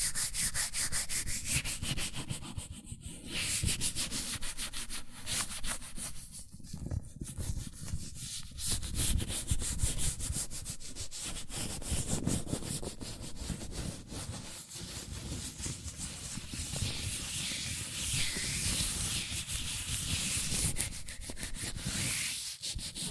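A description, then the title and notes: Latex gloved hands rub and squeak continuously in dense, scratchy strokes, steady throughout with brief slight pauses near three and seven seconds. ASMR Latex Gloves Hand Sounds (No Talking).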